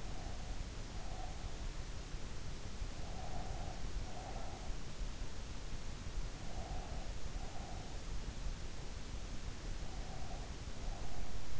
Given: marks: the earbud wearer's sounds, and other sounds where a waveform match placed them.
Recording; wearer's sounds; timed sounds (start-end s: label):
sounds in sleep by an in-ear microphone; breath
0.00-1.57 s: breath
3.00-4.84 s: breath
6.23-8.19 s: breath
9.76-11.60 s: breath